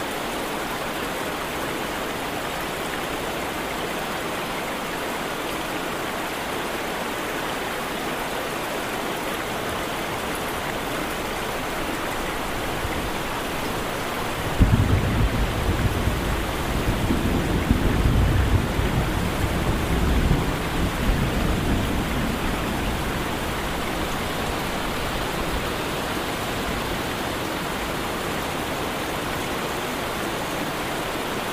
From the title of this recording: Relaxing Rain Sounds With Distant Thunder